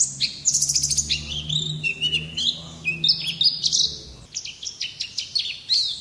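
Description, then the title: White-eye song, a rapid jumble of high twittering and warbled notes, with a low steady hum underneath during the first few seconds. Songbird singing in the ngalas style. "Pleci ngalas"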